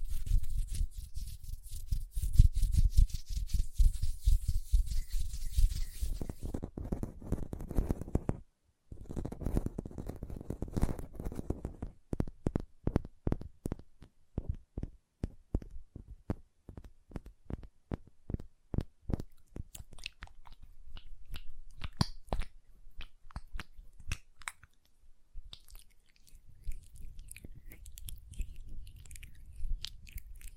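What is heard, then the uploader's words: Hand sounds: a dense rustling rub fills the first six seconds, then a lower, thicker wet smoothing like lotion until a brief gap near nine seconds. From about twelve seconds, crisp nail taps come in quick, uneven bursts, with soft rubbing returning near the end. Hand Sounds, Nail Tapping and Lotion Sounds.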